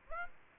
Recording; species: mosquito wingbeat signal from an infrared sensor; Aedes aegypti